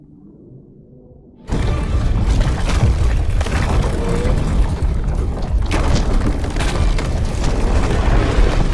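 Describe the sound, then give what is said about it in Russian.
Ice surrounding a ship, broken by an iceberg, cracks and grinds in a sudden loud onset after a quiet low rumble, then a sustained, dense roar of crunching, booming and shifting as the ice slides, continuing without letting up. “А лед, окутавший корабль, трескается и съезжает, окутав судно.”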